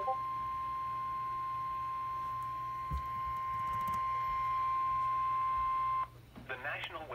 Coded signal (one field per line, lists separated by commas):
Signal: Emergency Alert System (SAME) tones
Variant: 1050 Hz attention tone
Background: speech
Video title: GA SVR (7/28/21) EAS 323